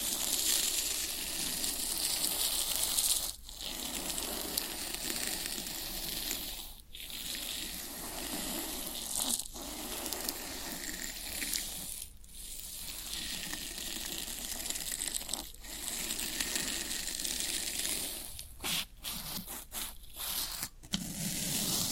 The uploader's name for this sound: Floral Foam Sounds